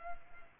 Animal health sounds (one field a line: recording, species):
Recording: mosquito wingbeat signal from an infrared sensor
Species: Culex pipiens